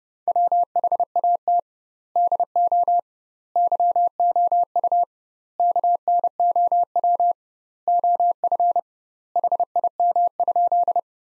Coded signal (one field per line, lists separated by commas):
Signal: Morse code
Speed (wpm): 30 wpm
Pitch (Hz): 700 Hz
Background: none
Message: WHAT DO YOU KNOW OF HIM?